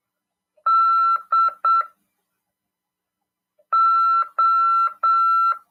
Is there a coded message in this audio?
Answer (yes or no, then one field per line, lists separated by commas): yes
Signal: Morse code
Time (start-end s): 0.7-5.5 s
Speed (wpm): 7 wpm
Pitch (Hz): 1340 Hz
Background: none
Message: DO